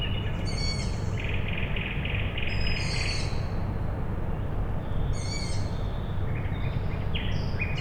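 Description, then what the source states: Owl chicks calling: sharp, creaky squeals recurring every few seconds, alongside a buzzy repeated trill and a heavy continuous low drone. Owl chicks calling at night, Tuesday 21 May 2019, Michałkowice, Siemianowice Śląskie, Poland; industrial plant in background; Zoom H5 with Audio-Technica BP4025.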